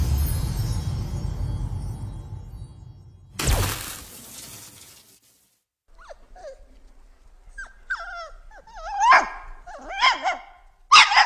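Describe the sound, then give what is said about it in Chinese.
In an audio drama, a small blind yellow dog named Gourou lets out a quick run of high, sharp yips and barks, rising in loudness toward the end, after a low rumbling stretch and a sudden crash. “石小池也不过是跟他闹着玩玩而已，把碗提起，碗口亲向他，让眼盲的小黄狗能吃得更轻松顺利些。”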